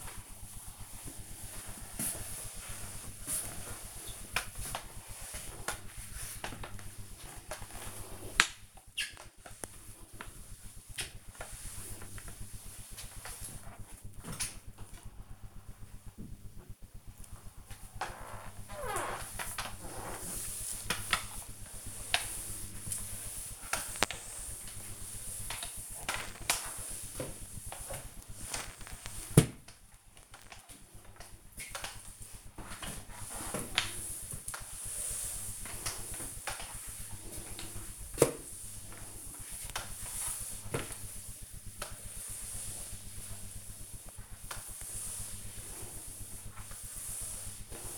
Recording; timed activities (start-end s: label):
household activities, microphone on the right wrist
0.00-47.98 s: floor cleaning